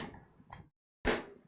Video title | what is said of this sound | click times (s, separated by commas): Is the Budget-Friendly FIREBAT AS1 Ultrabook Laptop a Diamond in the Rough? | Let's go right along those edges. Listen for the clicks. | 0.5 s, 1.1 s